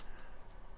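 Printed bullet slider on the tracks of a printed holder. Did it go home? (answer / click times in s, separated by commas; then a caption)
partly / 0.2 s. A 3D-printed bullet piece is slid along the tracks of a 3D-printed pen holder. A single short tick sounds at 0.2 s over a low steady background. This is only the first of the two expected clicks, so the piece has not fully seated yet.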